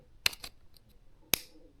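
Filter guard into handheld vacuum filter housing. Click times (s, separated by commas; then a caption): 0.3 s, 1.3 s. A plastic filter guard is put back onto the filter housing of a Fanttik Slim V8 handheld vacuum and turned to the right until it twist-locks in place. Two sharp clicks ring out at 0.3 s and 1.3 s, with fainter ticks between them, and the guard is seated.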